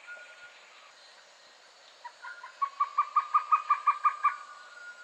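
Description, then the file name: Violaceous trogon calling, a steady run of about a dozen soft, hollow, evenly spaced notes in the second half, with a quiet background. "Golosa ptic - Fioletovyj trogon Trogon violaceus"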